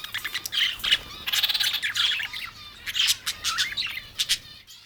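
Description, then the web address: Exotic birds giving high chirps and warbled whistles, with scratchy squawks breaking in between the calls. "Blue Box birds birds exotic"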